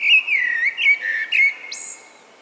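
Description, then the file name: Common blackbird singing a mellow, warbling whistled phrase that closes with a high, thin squeak. "Turdus merula"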